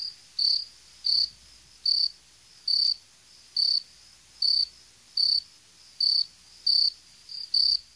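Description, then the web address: Insect chirps, high and bright, each one brief, spaced regularly against a quiet background. "animali insetti insetti insect"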